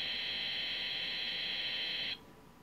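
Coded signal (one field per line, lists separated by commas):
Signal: computer data on cassette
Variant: KIM-1 HyperTAPE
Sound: harsh continuous high-pitched screech of fast data for two seconds, then abrupt silence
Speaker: now I'll show you loading it in at 6 X speed and you'll actually be able to hear a difference too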